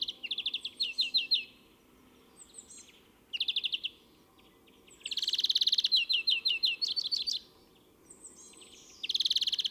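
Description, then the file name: European greenfinch song of chirpy trilled phrases and longer buzzy rattles, delivered in bursts with brief gaps. "Chloris chloris"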